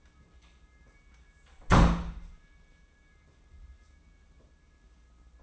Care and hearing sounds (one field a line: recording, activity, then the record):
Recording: daily activity, microphone in the room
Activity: close door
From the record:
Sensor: 1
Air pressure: 994.4 hPa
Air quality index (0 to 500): 215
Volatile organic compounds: 1000 ppm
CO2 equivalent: 7724 ppm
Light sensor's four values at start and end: 105/237/107/118 and 109/247/111/123